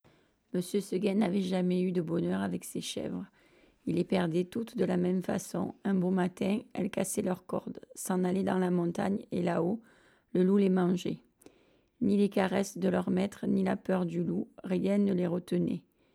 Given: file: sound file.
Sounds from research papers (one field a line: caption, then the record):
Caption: Voice recording during reading before stromal vascular fraction injection: hoarse, unstable, and slightly breathy voice.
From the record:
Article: Autologous adipose-derived stromal vascular fraction and scarred vocal folds: first clinical case report